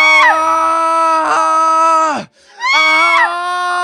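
A woman's shrill scream rises over a man's harsh, roaring yell. The loud cries come in two long bursts split by a brief pause, their pitch sliding and wavering.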